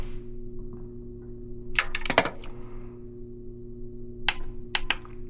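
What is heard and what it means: On an F90 M5, a spark plug is tightened into the aluminium cylinder head with a click-type torque wrench set to 23 Nm, against a steady low hum. A couple of knocks come around 1.8 and 2.2 seconds, then the wrench gives a sharp click at 4.3 seconds, followed by two more short ticks near 4.8 and 4.9 seconds. The click confirms the plug has reached its torque spec.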